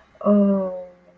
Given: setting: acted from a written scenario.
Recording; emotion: vocal sound without words; shame